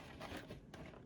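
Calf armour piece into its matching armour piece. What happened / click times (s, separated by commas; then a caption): The plastic parts snapped together and locked / 0.7 s. Two 3D-printed plastic First Order calf armour pieces are pushed together so a cut-out in one takes the bulge on the other. After some soft rubbing and handling noise, a sharp click at 0.7 s marks the pieces locking in place with a flush joint, followed by a fainter tap.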